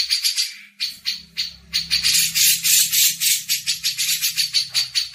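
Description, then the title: Grey-cheeked bulbul calling in quick, scratchy rattling notes, about three per second; a low steady hum is faintly present. Masteran (tutor song for training songbirds). "MASTERAN CUCAK JENGGOT"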